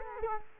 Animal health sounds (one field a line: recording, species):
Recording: mosquito wingbeat signal from an infrared sensor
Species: Culex quinquefasciatus